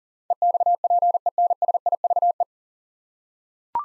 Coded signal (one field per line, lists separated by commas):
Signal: Morse code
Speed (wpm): 40 wpm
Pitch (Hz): 700 Hz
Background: none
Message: EXPENSIVE